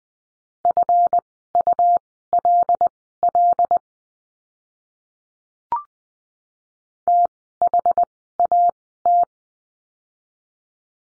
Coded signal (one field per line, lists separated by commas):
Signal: Morse code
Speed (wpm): 20 wpm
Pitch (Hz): 700 Hz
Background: none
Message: FULL THAT